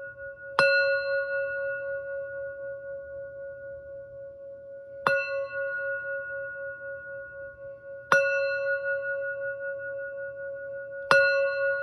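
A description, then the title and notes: A Tibetan singing bowl is struck four times, at roughly 0.6, 5, 8 and 11 seconds. Each strike rings out with a clear, pure tone and bright overtones, and the steady hum keeps sustaining, gently wavering, between strikes over a quiet low rumble. Yoni Tibetan Singing Bowl.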